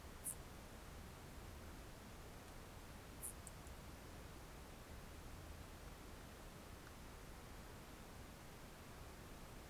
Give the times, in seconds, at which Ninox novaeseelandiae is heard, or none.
none